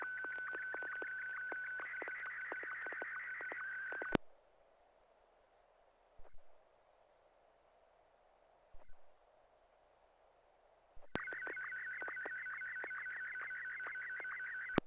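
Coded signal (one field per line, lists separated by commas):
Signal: SSTV (slow-scan television)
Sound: two stretches of warbling high tones with rapid regular clicks, separated by a quiet pause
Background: FM radio squelch clicks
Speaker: Can you try sending that one more time? We'll see how it works. One more time, Ken.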